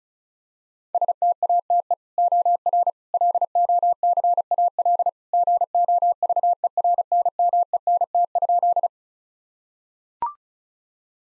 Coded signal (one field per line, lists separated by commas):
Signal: Morse code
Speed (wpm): 36 wpm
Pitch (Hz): 700 Hz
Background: none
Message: STATE OR LOCAL GOVERNMENT?